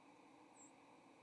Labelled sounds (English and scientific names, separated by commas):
White-throated Sparrow (Zonotrichia albicollis) flight call